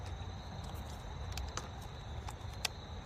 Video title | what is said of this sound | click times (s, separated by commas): Shoot Extraordinary Conference Day 3! | there we go I was going the wrong way so turn it to the right you hear it click and now it's in there | 2.7 s